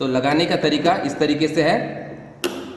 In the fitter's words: इस तरह से क्लिक करके एक आवाज़ आएगी।